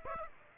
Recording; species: mosquito wingbeat signal from an infrared sensor; Aedes aegypti